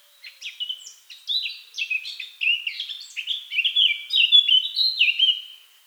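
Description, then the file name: Eurasian blackcap song opening with rapid chattering, scratchy notes and swelling into loud, mellow fluted phrases near the end. "Sylvia atricapilla"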